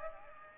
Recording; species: mosquito wingbeat signal from an infrared sensor; Aedes aegypti